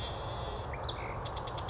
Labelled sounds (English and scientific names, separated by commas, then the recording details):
Chestnut-backed Chickadee (Poecile rufescens)
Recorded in Sonoma County, California